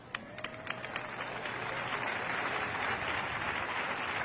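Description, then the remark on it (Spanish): An audience bursts into sustained applause dedicated to Jesus Christ, a dense wash of many hands clapping that swells after a few sharp early claps and holds steady and loud throughout. “Cuando aplauda, diga, el aplauso es para ti, Jesucristo.”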